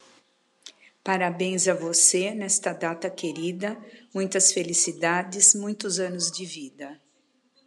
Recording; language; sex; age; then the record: short text; Brazilian Portuguese; female; 50 to 59 years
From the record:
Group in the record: control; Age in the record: 58 years